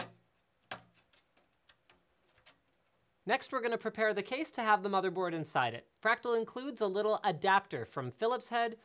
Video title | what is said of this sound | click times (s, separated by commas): ULTIMATE Build a Better $2000 Gaming & Silent Workstation PC Computer "How To" Guide | And then press on all four corners firmly until you hear them snap into place. | 0.7 s